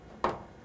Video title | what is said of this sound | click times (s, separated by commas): 106 - Replace the bulb in a Panasonic microwave | up the two holes with the two pins snap it into place and that's locked in place | 0.2 s